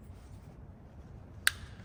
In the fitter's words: there we go you hear that nice snap that was it